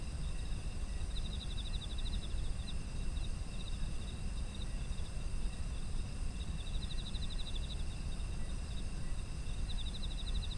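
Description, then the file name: Insects calling with constant high whining tones and three bouts of fast pulsed trilling, each lasting about a second, over a low droning hum. Autumn insects, ambient environmental sound. "秋の虫の環境音"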